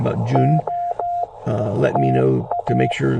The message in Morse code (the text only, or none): O TA